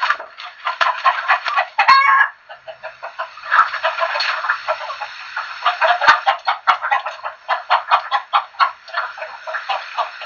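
Chicken flock clucking steadily, many short overlapping clucks with one sharp squawk early on and rhythmic chatter throughout.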